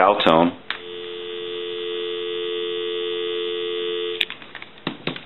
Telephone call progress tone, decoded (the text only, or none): dial tone